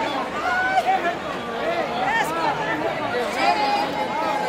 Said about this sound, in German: Viele Zuschauer drängen sich vor den Eingangstoren der Arena. Es ist einer der wichtigsten Tage der Feria.